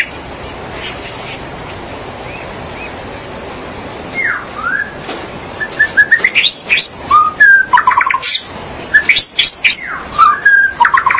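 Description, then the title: Magpie-robin or shama song: after a quiet start, a rapid run of loud, varied whistled notes, some sweeping up and down, mixed with sharp chirps over a low background hiss. "Suara Burung Murai"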